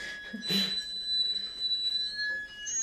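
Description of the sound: Hearing aid acoustic feedback: a loud, high-pitched whistling as a deafblind man's hearing aid is switched on and inserted into his ear.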